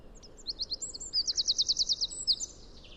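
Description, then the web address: Bird calling with a few high chirps leading into a rapid, evenly spaced trill of sharp notes, followed by thinner whistled slurs, light background hiss. "cianscape birddata Deverinetal 2025"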